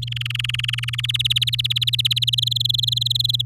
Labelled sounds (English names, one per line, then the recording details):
Domestic Canary song
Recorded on 8 May 2018 at 17:02
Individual llb16